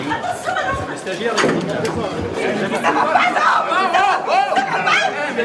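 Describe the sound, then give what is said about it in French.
Commotion in a courtroom at the Nanterre tribunal on a Friday, after an AFP journalist was arrested for biting a police officer: many voices talk and shout over one another in a steady, dense babble that never lets up, with a few raised, higher-pitched cries cutting through. “C'était vendredi au tribunal de Nanterre et c'est une journaliste de l'AFP interpellée pour avoir mordu un policier.”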